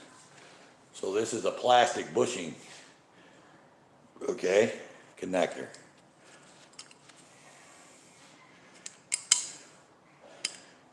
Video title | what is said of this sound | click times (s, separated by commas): Working Hard | you just pop that in there pops right in there | 9.3 s